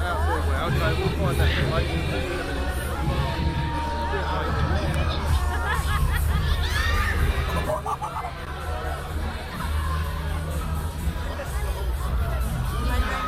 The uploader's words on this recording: A binaural field recording in Hyde Park, walking from just outside the Serpentine to the winter carnival.